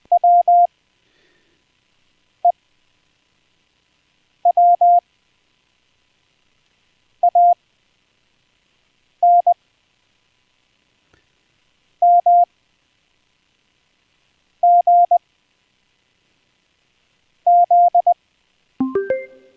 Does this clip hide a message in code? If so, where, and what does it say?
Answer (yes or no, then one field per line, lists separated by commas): yes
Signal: Morse code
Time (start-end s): 0.1-18.1 s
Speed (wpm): 20 wpm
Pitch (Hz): 700 Hz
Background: music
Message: WEWANMGZ